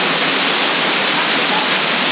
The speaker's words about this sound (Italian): Infatti sento la ventola andando, che non va più. Io l'ho lasciata che sono come bisogno. Se c'è le cuffie non le sento nemmeno. Io quando sto parlando si sente la ventola.